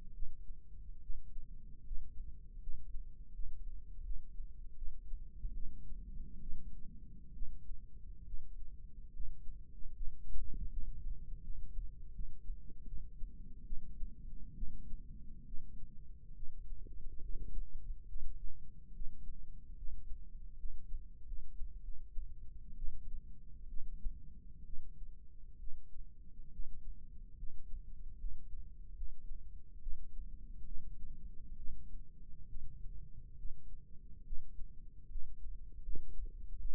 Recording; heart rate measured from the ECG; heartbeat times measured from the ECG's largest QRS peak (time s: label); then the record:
heart sounds by microphone in the left ear; 72 bpm
0.15 s: heartbeat
1.02 s: heartbeat
1.85 s: heartbeat
2.61 s: heartbeat
3.34 s: heartbeat
4.05 s: heartbeat
4.77 s: heartbeat
5.54 s: heartbeat
6.41 s: heartbeat
7.34 s: heartbeat
8.26 s: heartbeat
9.13 s: heartbeat
9.95 s: heartbeat
10.71 s: heartbeat
11.43 s: heartbeat
12.14 s: heartbeat
12.86 s: heartbeat
13.65 s: heartbeat
14.56 s: heartbeat
15.46 s: heartbeat
16.35 s: heartbeat
17.21 s: heartbeat
18.08 s: heartbeat
18.94 s: heartbeat
19.77 s: heartbeat
20.58 s: heartbeat
21.26 s: heartbeat
21.83 s: heartbeat
22.77 s: heartbeat
23.69 s: heartbeat
24.65 s: heartbeat
25.59 s: heartbeat
26.52 s: heartbeat
27.37 s: heartbeat
28.18 s: heartbeat
28.95 s: heartbeat
29.81 s: heartbeat
30.65 s: heartbeat
31.57 s: heartbeat
32.48 s: heartbeat
33.37 s: heartbeat
34.24 s: heartbeat
35.09 s: heartbeat
35.83 s: heartbeat
36.59 s: heartbeat
From the record:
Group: healthy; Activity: rest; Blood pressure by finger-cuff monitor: 143/67 mmHg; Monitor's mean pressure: 91 mmHg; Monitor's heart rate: 70 bpm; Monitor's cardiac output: 7.1 L/min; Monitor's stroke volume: 100 mL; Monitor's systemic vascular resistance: 940 dyn s/cm5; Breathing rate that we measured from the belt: 8 breaths a minute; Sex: female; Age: 37 years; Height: 168 cm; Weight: 70 kg